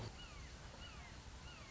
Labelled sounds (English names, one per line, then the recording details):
Red-shouldered Hawk
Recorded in Sonoma County, California